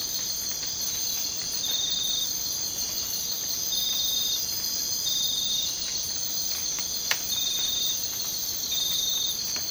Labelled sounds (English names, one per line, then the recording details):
none
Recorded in dense forest near Puerto Asís, Putumayo, Colombia, on 24 March 2025 at 03:00
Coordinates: 0.500, -76.322
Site GP06